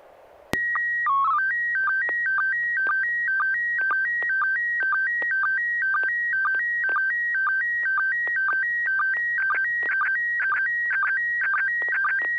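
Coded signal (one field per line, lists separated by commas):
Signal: SSTV (slow-scan television)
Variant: PD 120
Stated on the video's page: Weekly SSTV net on an FM repeater, 441.300 MHz, Wednesday evenings; pictures sent with MMSSTV software.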